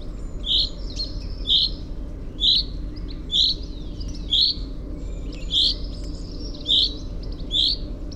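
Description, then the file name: Common chaffinch calling: short, sharp, high notes repeated roughly once a second, about eight in all, over a steady low hum. "Fringilla coelebs"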